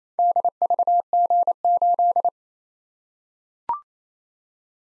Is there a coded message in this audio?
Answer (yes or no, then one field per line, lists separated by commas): yes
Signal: Morse code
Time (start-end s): 0.2-2.3 s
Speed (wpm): 29 wpm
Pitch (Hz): 700 Hz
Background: none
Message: DVG8